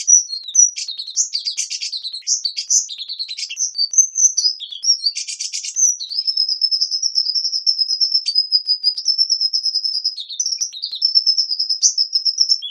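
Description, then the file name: Hummingbird song: high, thin twittering that mixes quick chirps and buzzy bursts, then settles into a long run of fast repeated high notes. "Ptichka kolibri - Penie"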